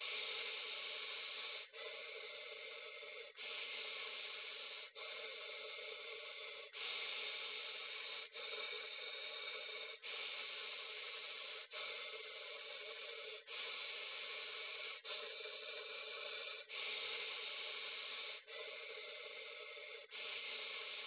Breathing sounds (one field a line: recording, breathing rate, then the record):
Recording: paced breathing near a phone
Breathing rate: 18 breaths a minute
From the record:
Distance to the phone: 20 cm